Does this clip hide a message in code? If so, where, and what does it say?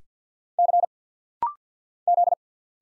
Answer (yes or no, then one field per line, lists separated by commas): yes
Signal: Morse code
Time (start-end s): 0.6-2.3 s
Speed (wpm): 51 wpm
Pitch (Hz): 700 Hz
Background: none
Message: C Z